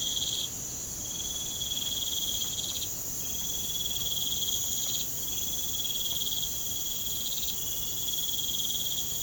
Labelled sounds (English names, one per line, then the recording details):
none
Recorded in pastures near Puerto Asís, Putumayo, Colombia, on 23 June 2025 at 02:30
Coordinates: 0.472, -76.331
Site G095